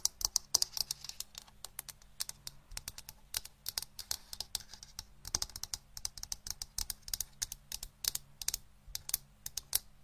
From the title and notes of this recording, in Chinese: 敲击大脑/指尖刺痛（声控助眠）。